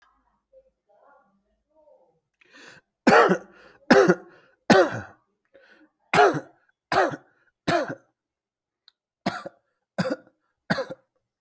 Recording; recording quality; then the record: shallow voluntary cough; excellent, no background noise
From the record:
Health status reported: healthy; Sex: male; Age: 54 years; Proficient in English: yes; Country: India